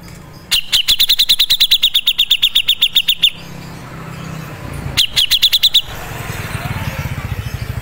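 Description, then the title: Grey-cheeked bulbul call: a long run of quick, sharp high notes, then a shorter burst after a pause. A low background hum follows. Masteran recording made for training other songbirds to learn this bird's sound. "MASTERAN CUCAK JENGGOT"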